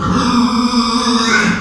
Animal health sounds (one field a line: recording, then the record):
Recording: squeal of a Yucatan mini pig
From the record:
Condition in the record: after surgery on the right vocal fold (resection and tissue-engineered implant)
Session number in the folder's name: 14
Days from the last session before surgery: 133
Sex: female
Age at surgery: 19 weeks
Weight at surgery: 25 kg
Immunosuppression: prednisolone